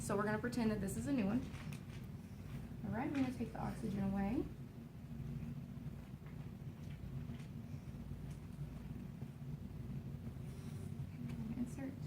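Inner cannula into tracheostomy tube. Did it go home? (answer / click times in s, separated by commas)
no / none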